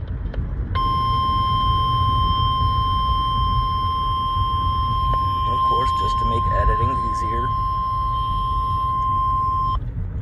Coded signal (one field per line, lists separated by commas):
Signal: Emergency Alert System (SAME) tones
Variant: 1050 Hz attention tone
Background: speech